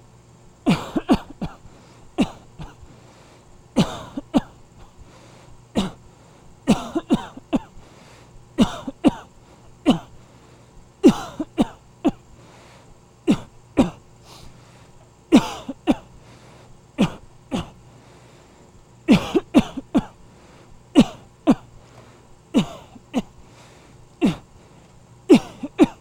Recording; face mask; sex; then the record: voluntary coughing; surgical mask; male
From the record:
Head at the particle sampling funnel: facing it